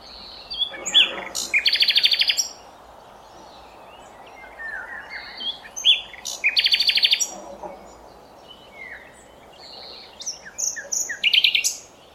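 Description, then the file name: Common nightingale singing varied phrases: rapid buzzy rattling trills, sharp chips and clear whistles, with short pauses between bursts. "Luscinia megarhynchos"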